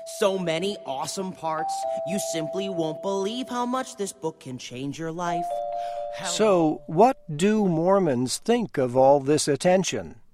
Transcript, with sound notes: so many awesome parts.’ [Doorbell] ‘You simply will not believe how much it can change your life.’ [Doorbell, doorbell]
So what do Mormons think of all this attention?